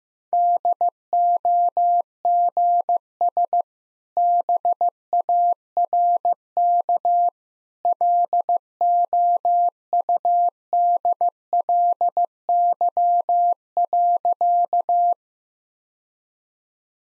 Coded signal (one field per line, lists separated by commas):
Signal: Morse code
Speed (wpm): 15 wpm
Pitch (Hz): 700 Hz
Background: none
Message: DOGS BARK LOUDLY.